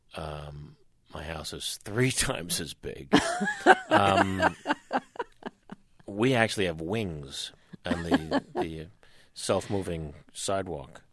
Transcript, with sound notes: My house is three times as big.
(Laughter).
We actually have wings on the self-moving sidewalk.